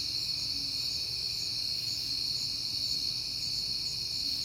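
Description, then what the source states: Crickets chorusing in a steady, unbroken high trill of several layered tones, with a soft low rumble underneath. Crickets at night in September, on a peaceful night.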